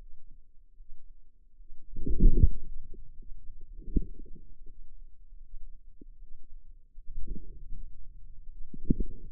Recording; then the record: forearm muscle sounds (acoustic myography)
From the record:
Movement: inward rotation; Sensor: system 2, bracelet of six BSWA MPA416 microphones around the upper forearm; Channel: 3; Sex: female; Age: 23 years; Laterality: right